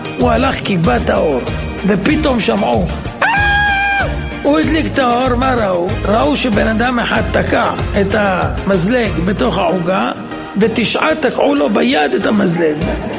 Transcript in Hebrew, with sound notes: הוא הלך כיבה את האור ופתאום שמעו 'א...!' (צעקה!) הוא הדליק את האור מה ראו? ראו שבן אדם אחד תקע את המזלג בתוך העוגה ותשעה תקעו לו ביד את המזלג!!